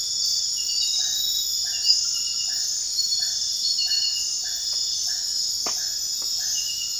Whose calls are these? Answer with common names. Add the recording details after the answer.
none. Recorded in dense forest near Puerto Asís, Putumayo, Colombia, on 18 February 2024 at 23:00. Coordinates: 0.500, -76.322. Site G6465